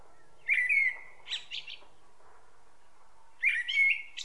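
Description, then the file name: Common blackbird song of two phrases, each a rich whistled note trailing into a short burst of high chattering squeaks. "Turdus merula"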